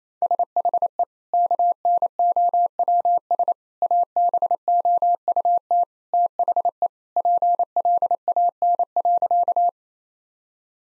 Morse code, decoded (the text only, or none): SHE KNOWS ABOUT THE PLAN.